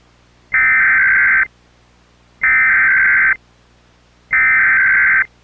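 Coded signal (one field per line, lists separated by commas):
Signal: Emergency Alert System (SAME) tones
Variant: header bursts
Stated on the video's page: Recreation of a false evacuation order EAS alert.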